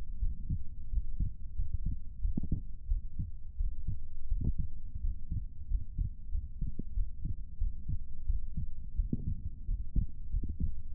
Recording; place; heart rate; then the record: heart sounds by stethoscope; pulmonary valve (PV); 91 bpm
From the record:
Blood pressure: 117/69 mmHg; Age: 28 years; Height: 165 cm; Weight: 57 kg